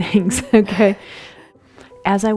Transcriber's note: chuckles